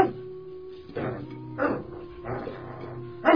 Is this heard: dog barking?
yes